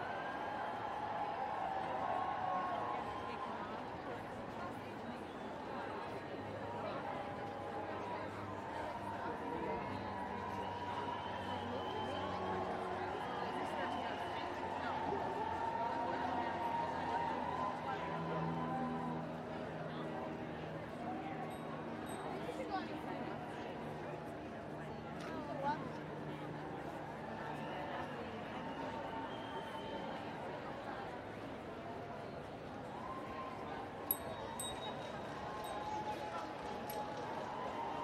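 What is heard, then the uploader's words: Voices fill an outdoor women's march, many people talking at once in a dense, steady murmur with no single speaker standing out for long. The level stays even throughout, with a couple of brief sharp knocks around the 26 and 34 second marks. WOMXNS MARCH_raw_12 by Andy "soundeziner" Martin.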